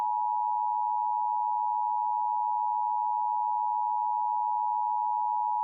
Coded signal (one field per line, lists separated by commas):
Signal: Emergency Alert System (SAME) tones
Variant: 853 and 960 Hz attention tone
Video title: Siren Head: An EAS Scenario